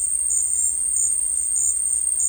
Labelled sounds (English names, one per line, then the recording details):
none
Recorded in dense forest near Puerto Asís, Putumayo, Colombia, on 18 February 2024 at 12:30
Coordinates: 0.484, -76.317
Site G6464